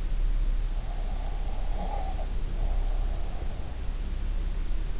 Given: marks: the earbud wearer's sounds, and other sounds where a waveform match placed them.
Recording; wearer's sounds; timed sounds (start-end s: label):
sounds in sleep by an in-ear microphone; breath
0.96-3.53 s: breath